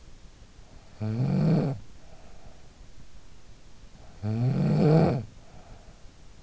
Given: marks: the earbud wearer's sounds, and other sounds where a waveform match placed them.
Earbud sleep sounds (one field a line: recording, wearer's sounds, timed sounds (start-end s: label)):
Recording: sounds in sleep by an in-ear microphone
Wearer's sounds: snoring breath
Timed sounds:
0.41-2.98 s: snoring breath
3.67-6.42 s: snoring breath